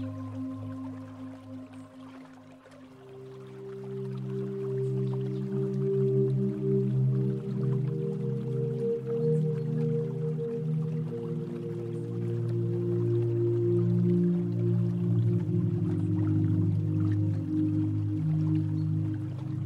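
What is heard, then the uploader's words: Slow ambient music of low, sustained tones that hold and shift gradually, fuller and louder after about three seconds and then steady to the end. A faint, soft hiss sits underneath, and the bright upper range stays nearly empty. Spring Blossom forest. Beautiful lakeside scenery with slowly ambient music.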